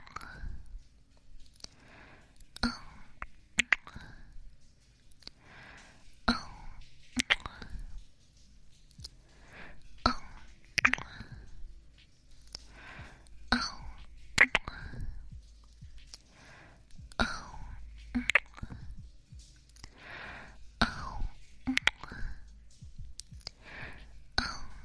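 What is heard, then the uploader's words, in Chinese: Kissing sounds: sharp wet smacks about once a second for the whole stretch, each followed by a soft, breathy trail. The background is quiet and still, with only a faint low hum between kisses. 纯享版亲吻声！左边一个kiss右边一个kiss。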